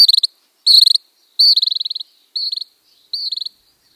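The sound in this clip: Gray kingbird giving high, rapidly stuttered buzzy chatters, several short bursts in quick succession, each a fast run of clipped notes.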